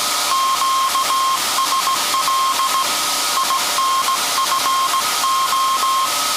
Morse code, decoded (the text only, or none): QSL INFO